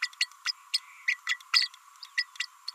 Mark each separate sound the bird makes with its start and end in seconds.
0.02-0.09, 0.20-0.27, 0.45-0.52, 0.73-0.79, 1.07-1.17, 1.26-1.38, 1.53-1.68, 2.02-2.04, 2.17-2.25, 2.68-2.72